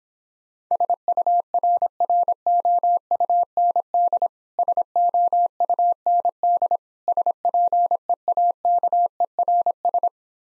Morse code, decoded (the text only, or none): SURROUND SOUND SPEAKERS